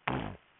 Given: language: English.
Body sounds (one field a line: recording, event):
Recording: throat vibration sensor signal played as sound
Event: throat clearing